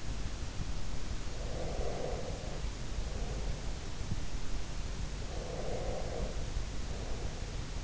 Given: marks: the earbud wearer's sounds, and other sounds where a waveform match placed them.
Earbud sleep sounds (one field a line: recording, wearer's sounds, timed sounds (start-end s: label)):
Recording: sounds in sleep by an in-ear microphone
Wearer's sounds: breath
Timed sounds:
1.35-3.88 s: breath
5.31-7.84 s: breath